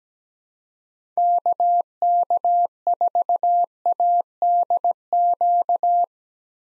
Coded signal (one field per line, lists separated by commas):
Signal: Morse code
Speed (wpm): 17 wpm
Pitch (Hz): 700 Hz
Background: none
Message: KK4ADQ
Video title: 2023 POTA Hunter Call Signs - 17wpm